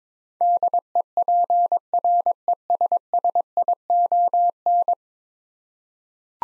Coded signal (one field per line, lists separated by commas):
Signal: Morse code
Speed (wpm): 22 wpm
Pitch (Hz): 700 Hz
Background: none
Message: DEPRESSION